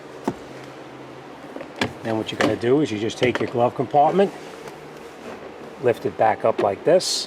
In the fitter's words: push it, and it snaps in place.